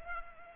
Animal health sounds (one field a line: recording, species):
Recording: mosquito wingbeat signal from an infrared sensor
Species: Culex pipiens